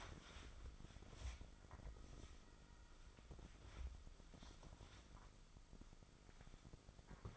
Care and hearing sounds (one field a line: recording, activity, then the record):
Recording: daily activity, microphone in the room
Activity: wipe stove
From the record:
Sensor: 5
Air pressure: 996.2 hPa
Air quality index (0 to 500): 98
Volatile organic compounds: 6 ppm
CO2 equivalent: 1888 ppm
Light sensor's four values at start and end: 42/94/41/47 and 37/80/36/40